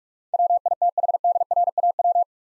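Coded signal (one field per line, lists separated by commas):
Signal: Morse code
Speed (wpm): 46 wpm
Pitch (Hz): 700 Hz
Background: none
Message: WITHDRAW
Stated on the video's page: Computer-generated Morse head-copy drill of eight-letter words at 45 wpm, each word sent, then spoken, then sent again.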